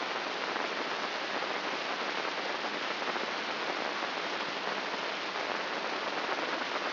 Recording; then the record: brain microelectrode recording played as sound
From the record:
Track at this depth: outside the subthalamic nucleus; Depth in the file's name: 6.229 mm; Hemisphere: left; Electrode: 3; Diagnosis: Parkinson's disease